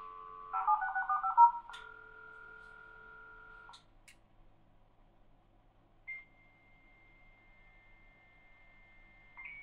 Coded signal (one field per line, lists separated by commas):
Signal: dial-up modem handshake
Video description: The sound of dial-up at some of the most common speeds, including 300, 1200, 2400, 9600, 14,400, 33,600, and 56K.